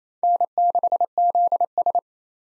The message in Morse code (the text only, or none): N6ZS